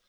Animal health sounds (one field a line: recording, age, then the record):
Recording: pig call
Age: piglet (1 to 25 days)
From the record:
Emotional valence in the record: positive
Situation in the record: reunion after long isolation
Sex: male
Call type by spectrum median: high-frequency call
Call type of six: low-frequency tonal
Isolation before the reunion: 8 minutes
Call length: 0.09 s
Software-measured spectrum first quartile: 1707 Hz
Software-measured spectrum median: 3834 Hz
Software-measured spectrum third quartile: 8192 Hz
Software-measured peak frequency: 4070 Hz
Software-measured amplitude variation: 40 dB a second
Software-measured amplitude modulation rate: 5.7 a second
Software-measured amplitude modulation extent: 7.1 dB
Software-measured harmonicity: -2.5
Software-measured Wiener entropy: -1.05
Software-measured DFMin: 528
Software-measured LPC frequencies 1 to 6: 1475, 3489, 3979, 5143, 6577, 7648 Hz